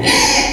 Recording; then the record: squeal of a Yucatan mini pig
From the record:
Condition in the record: before surgery on the right vocal fold (resection and tissue-engineered implant); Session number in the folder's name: 2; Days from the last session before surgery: 0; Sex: male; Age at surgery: 12 weeks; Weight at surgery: 13 kg